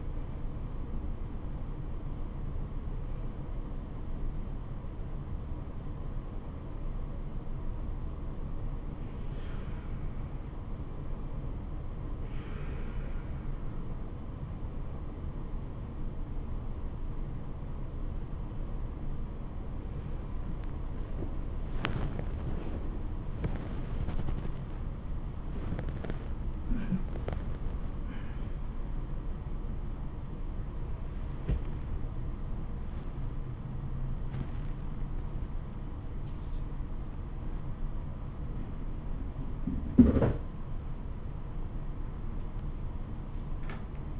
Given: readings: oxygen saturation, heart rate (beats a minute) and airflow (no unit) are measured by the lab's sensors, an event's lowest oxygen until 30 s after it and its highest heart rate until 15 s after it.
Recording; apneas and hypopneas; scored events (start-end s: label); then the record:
breathing in sleep by a smartphone at the bedside; 2
8.00-32.10 s: hypopnea (REM, oxygen 97% highest, then 96% lowest, heart rate 83 at the start, 105 highest)
27.00-32.40 s: hypopnea (REM, oxygen 97% highest, then 96% lowest, heart rate 95 at the start, 105 highest)
29.00-44.20 s: new sleep stage, awake
30.00-44.20 s: awake
From the record:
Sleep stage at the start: REM sleep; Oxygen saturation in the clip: 74 to 97%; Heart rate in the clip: 82 to 105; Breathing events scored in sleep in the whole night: 426 in 7.4 hours asleep